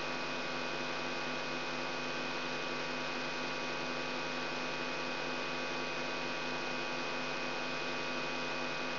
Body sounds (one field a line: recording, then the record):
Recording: brain microelectrode recording played as sound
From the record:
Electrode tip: outside the subthalamic nucleus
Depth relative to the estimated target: -6 mm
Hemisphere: right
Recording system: AlphaMap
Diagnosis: Parkinson's disease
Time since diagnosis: 9 years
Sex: male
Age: 68 years